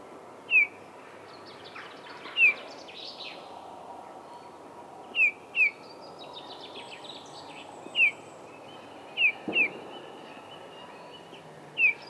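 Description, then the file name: Eurasian bullfinch calls: short, soft, descending whistled notes given singly or in quick pairs, about eight in all at irregular intervals, with fainter chirping behind. "Pyrrhula pyrrhula"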